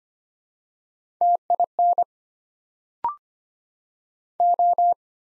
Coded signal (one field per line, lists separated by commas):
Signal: Morse code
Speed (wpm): 25 wpm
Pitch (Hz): 700 Hz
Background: none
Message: TIN O